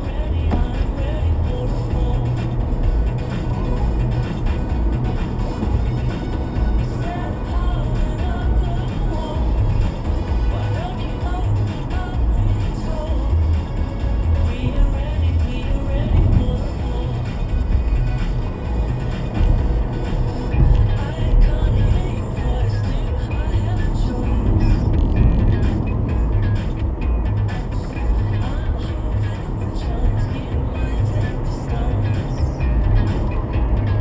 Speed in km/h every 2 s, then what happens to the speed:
77, 82, 85, 89, 89, 85, 79, 76, 76, 79, 82, 79, 77, 79, 81, 85, 89.
0-6 speeds up to 89. 6-14 slows to 76. 14-27 steady at about 79. 27-34 speeds up to 89.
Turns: none.